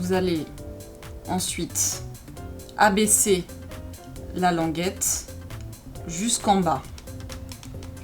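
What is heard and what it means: Someone talks over music while handling the dose lever of a plastic disk inhaler, which is being pushed all the way down. A few faint short sounds occur under the speech, and the lever has not clicked or seated yet.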